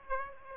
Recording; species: mosquito wingbeat signal from an infrared sensor; Aedes aegypti